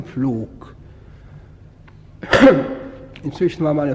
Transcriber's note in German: hustet